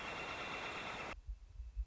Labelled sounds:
Northern Flicker
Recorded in Sonoma County, California

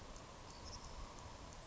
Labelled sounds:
Savannah Sparrow
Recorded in Sonoma County, California

